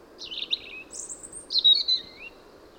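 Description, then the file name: European robin song phrase of high, thin twittering notes and a sliding whistle, brief and clear over low background hiss. "Erithacus rubecula"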